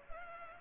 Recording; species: mosquito wingbeat signal from an infrared sensor; Culex pipiens